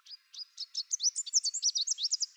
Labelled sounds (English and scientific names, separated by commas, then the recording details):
Chestnut-capped Warbler (Basileuterus delattrii) song
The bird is a male
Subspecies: delattrii
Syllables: 17
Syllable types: 14
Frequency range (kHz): 3.2-8.2 kHz
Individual CR-WOOS-M